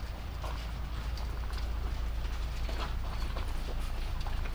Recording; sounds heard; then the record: poultry house recording; sick chickens (respiratory disease)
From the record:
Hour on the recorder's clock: 23